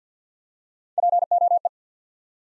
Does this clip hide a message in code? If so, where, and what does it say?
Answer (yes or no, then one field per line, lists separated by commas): yes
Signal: Morse code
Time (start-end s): 1.0-1.7 s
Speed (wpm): 48 wpm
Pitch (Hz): 700 Hz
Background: none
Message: POE